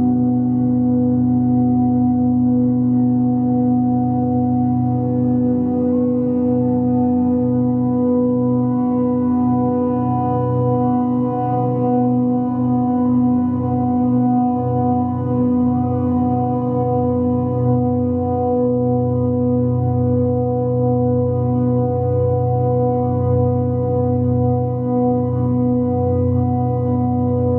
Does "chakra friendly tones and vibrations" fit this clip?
yes